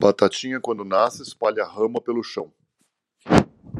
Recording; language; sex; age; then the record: short text; Brazilian Portuguese; male; 40 to 49 years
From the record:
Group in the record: control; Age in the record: 46 years